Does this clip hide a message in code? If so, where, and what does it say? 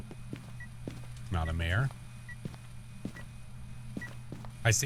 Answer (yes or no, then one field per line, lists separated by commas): no